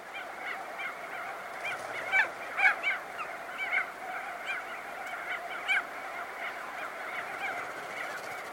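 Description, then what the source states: Crested auklets honk in a steady colony din. Several louder, trumpeting calls cluster between two and four seconds, with another near six seconds. Close-up recording.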